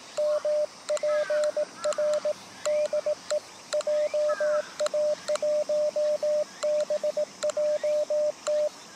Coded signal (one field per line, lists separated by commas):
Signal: Morse code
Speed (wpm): 18 wpm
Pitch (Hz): 600 Hz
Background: radio noise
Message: MPR DE JA1BJT